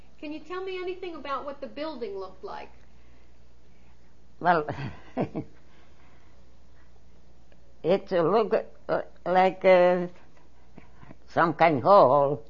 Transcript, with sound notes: Can you tell me anything about what the building looked like?
Well, (she laughs) it looked like some kind of hall.